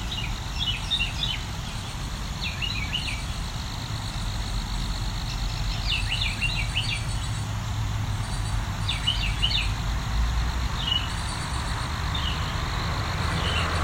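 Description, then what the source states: Carolina wren giving short rolling, chattering phrases in scattered bursts, varied from one burst to the next, over a steady low background rumble. A Carolina wren giving a continuous chain of varied songs and calls, as if practising.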